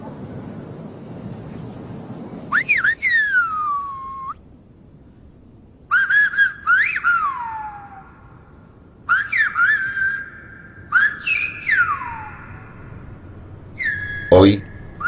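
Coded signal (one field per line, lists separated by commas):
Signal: whistled language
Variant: Silbo Gomero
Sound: five loud gliding whistled phrases rising and falling in pitch, separated by short pauses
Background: outdoor background noise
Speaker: el silvo como los homeros de generaciones posteriores sobrevivió a todas las catástrofes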